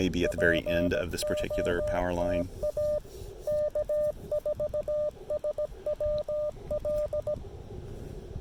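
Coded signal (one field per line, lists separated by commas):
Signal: Morse code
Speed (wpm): 17 wpm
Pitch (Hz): 600 Hz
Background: speech, radio noise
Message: POTA K4SWL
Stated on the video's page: Park activation under poor band conditions; long, challenging activation.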